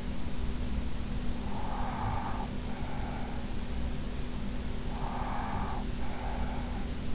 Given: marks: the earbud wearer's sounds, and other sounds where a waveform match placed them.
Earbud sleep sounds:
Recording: sounds in sleep by an in-ear microphone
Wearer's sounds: breath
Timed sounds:
1.31-3.83 s: breath
4.73-7.15 s: breath

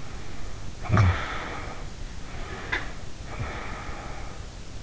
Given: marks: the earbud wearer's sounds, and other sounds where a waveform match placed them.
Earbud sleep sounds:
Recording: sounds in sleep by an in-ear microphone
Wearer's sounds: snoring breath, breath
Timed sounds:
0.05-2.08 s: snoring breath
2.35-4.59 s: breath

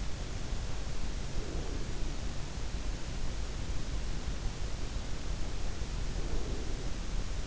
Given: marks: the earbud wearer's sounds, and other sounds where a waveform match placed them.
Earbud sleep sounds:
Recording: sounds in sleep by an in-ear microphone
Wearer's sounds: breath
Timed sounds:
1.17-2.55 s: breath
5.95-7.47 s: breath

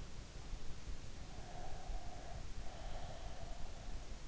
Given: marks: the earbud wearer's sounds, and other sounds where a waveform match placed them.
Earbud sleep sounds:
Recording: sounds in sleep by an in-ear microphone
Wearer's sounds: breath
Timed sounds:
1.23-4.22 s: breath

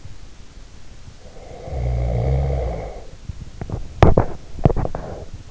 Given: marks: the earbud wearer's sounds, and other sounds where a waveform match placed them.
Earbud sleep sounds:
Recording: sounds in sleep by an in-ear microphone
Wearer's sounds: snoring breath, teeth grinding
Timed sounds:
1.17-3.27 s: snoring breath
3.47-5.44 s: teeth grinding

